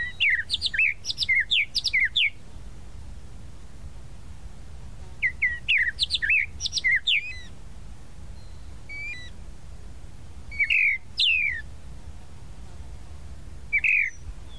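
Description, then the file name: Tropical mockingbird song: dense clusters of sharp, varied chirps and whistles, then sparser single notes, with pauses between bursts and a soft background hum. "Canto-do-Sabiá-da-Praia"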